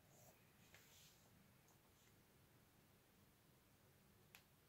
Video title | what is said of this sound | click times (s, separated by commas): ELEKTRİKLİ BİSİKLET ŞARJ ALETİ KABLO SOKET ARIZASI VE TAMİRİ👍 | tamamdır. Yerine oturdu bu şekilde. | 4.4 s